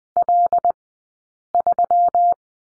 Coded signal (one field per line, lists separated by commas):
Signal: Morse code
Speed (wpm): 20 wpm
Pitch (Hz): 700 Hz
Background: none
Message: L3